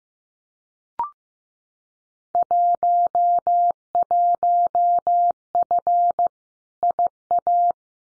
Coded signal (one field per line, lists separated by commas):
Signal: Morse code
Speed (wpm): 15 wpm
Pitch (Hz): 700 Hz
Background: none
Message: 11F IA